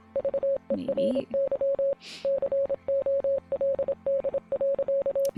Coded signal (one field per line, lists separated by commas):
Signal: Morse code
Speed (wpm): 26 wpm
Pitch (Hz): 550 Hz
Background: speech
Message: VERY COLD.